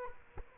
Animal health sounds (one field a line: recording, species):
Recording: mosquito wingbeat signal from an infrared sensor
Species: Culex quinquefasciatus